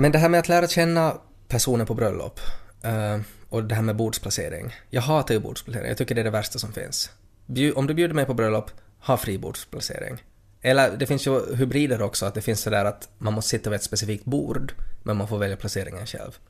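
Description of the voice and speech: A man speaks conversational Swedish in a small room, his pitch moderately low and varied. Speech flows at an ordinary rate with natural phrase pauses, clear consonants and no repetitions, blocks or prolongations: fluent, ordinary speech.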